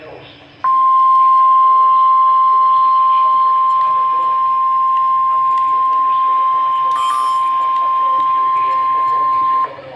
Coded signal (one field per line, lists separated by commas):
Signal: Emergency Alert System (SAME) tones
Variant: 1050 Hz attention tone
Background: speech